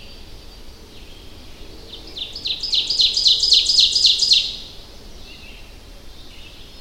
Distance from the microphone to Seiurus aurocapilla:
about 5 m